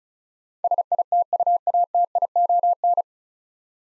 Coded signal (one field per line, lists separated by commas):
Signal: Morse code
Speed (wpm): 36 wpm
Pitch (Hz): 700 Hz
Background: none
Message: SITUATION